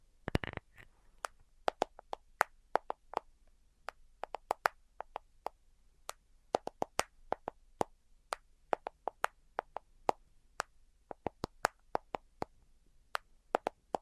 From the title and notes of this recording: ASMR 10 Levels of Tapping Tingle Immunity Treatment No Talking.